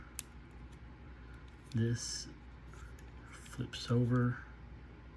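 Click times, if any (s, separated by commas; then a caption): none. Someone talks while handling the flip-over body part on a vintage Hot Wheels die-cast toy car, with a sharp tick near the start and soft handling noise underneath. The part has not yet snapped into its locked position, and nothing has seated or clicked yet.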